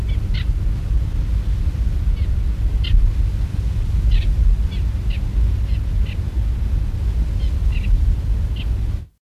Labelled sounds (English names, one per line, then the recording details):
Eurasian Reed Warbler call
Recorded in the wild
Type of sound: call
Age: subadult
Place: Meisendorf, Niedersachsen, DE
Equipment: Halbspur, 9,5 cm/s
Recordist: Lütgens, Hans
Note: Flügge Junge